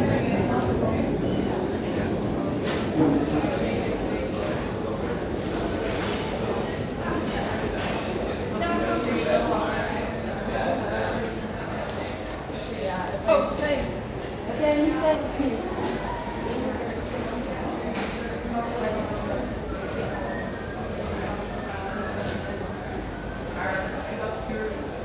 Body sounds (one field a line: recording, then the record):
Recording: background sound without coughing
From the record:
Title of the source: 40 min - Ambience sounds UNIVERSITY lunchroom chatting